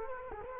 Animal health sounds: mosquito wingbeat signal from an infrared sensor; Culex quinquefasciatus

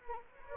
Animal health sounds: mosquito wingbeat signal from an infrared sensor; Anopheles arabiensis

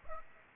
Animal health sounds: mosquito wingbeat signal from an infrared sensor; Aedes aegypti

